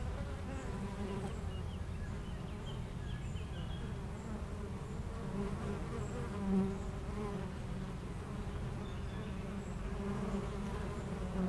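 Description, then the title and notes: Honey bee: continuous buzzing of many honey bees with gently rising and falling hums, plus scattered faint chirps of birds throughout. Between two hives of an apiary garden in Aix-les-Bains, France; bees foraging, making constant trips to flowers; some birds in the neighbouring wood. "41 Chem. de Memard, 73100 Aix-les-Bains, France - Les abeilles. Entre deux ruches du rucher du jardin vagabond à Aix-les-bains les abeilles sont en pleine collecte et font d'incessants aller retour vers les fleurs, quelques oiseaux dans le bois voisin"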